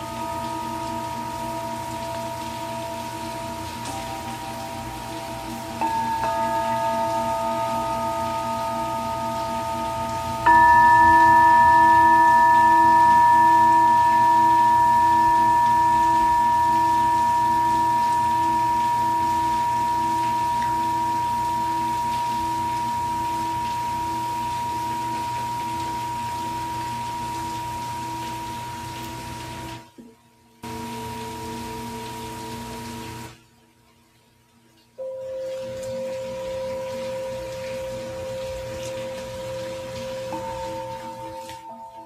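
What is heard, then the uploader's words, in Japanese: Steady rain hiss runs beneath sustained, bowl-like ringing tones that stack up, with new tones entering around 6 and 10 seconds and slowly fading. Near 30 and 34 seconds the sound cuts out briefly, returning with shifted tones. 雨音と共に9：30までシンギングボウルのサウンドヒーリング ライブ。シンギングボウル #雨音 #メキシコ。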